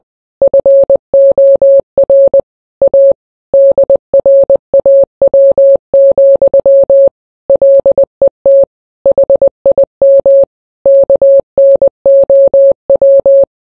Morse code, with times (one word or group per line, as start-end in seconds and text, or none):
0.4-2.4 FOR
2.8-3.1 A
3.5-7.1 DRAW,
7.5-8.6 LET
9.1-10.4 HIM
10.9-13.4 KNOW